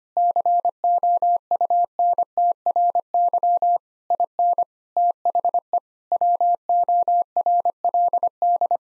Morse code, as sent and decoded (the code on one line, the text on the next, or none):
-.-. --- ..- -. - .-. -.-- / .. -. / - .... . / .-- --- .-. .-.. -..
COUNTRY IN THE WORLD